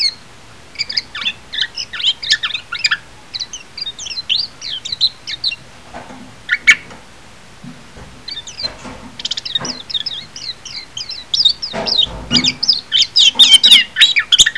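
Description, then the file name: Japanese white-eye calls: fast high, squeaky twitters in bursts, interrupted midway by lower clucking and knocking sounds before the twittering builds again. "mejiro -titi"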